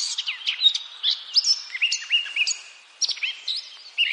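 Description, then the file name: Eurasian blackcap song, a hurried stream of sharp, varied high notes with short whistled slurs, pausing briefly before another burst. "Sylvia atricapilla"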